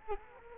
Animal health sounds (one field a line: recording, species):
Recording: mosquito wingbeat signal from an infrared sensor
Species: Culex quinquefasciatus